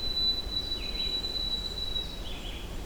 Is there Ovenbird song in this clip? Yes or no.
no